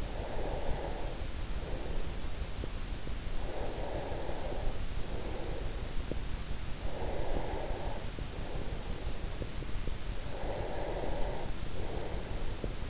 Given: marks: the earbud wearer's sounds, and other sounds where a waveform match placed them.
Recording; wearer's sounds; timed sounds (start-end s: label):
sounds in sleep by an in-ear microphone; breath
0.00-2.56 s: breath
3.39-6.26 s: breath
6.68-9.49 s: breath
10.00-12.90 s: breath